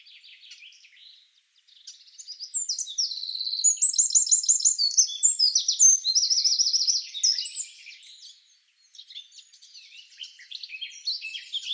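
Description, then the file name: Eurasian wren song, a loud high-pitched burst of rapid trills and jumbled twitters, with softer twittering before and after. "Troglodytes troglodytes"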